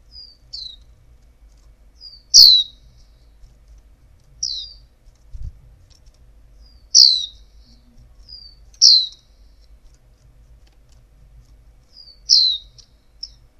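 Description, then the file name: White-eye uttering sparse, high, downward-slurred chirps every couple of seconds, separated by quieter thin notes, with a low background rumble and a soft knock. Female bird. "pleci betina"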